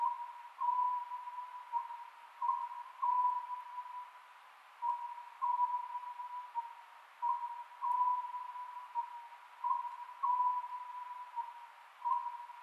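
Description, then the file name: Oriental scops owl song, repeated phrases of short low notes spaced roughly two seconds apart, accompanied by a persistent steady tone. Recorded 27 May 2010 at 22:21. "konohazuku-20100527-2221"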